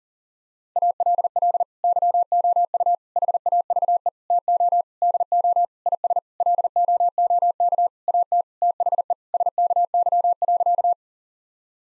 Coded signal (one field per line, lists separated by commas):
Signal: Morse code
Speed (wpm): 40 wpm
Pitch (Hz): 700 Hz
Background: none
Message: ALL YOU HAVE TO DO IS LOOK AT THE SKY.